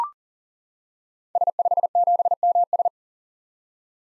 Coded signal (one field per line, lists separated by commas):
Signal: Morse code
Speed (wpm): 40 wpm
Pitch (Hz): 700 Hz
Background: none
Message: S57MS